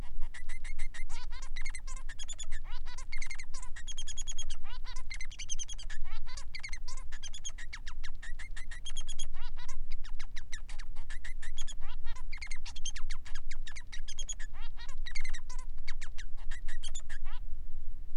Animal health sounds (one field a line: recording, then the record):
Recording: song of a male Bengalese finch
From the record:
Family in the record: son of father 3